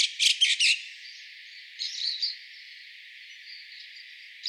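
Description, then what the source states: White-cheeked starling giving a burst of harsh, grating calls at the start, then a softer chattering phrase, and a final rasp at the end. Recorded on 12 April 2013.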